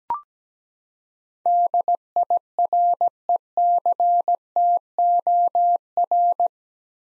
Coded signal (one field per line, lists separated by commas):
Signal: Morse code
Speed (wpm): 17 wpm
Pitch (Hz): 700 Hz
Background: none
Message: DIRECTOR